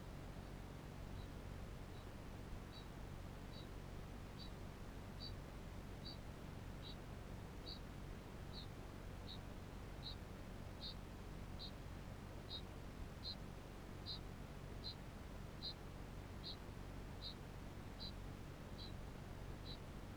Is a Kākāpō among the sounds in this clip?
yes